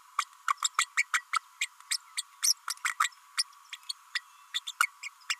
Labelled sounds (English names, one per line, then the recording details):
Green-rumped Parrotlet babbling
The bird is a female
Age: 32 days
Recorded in a nest box in Venezuela
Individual 17B32A5